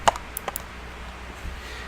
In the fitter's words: you hear a snap like this if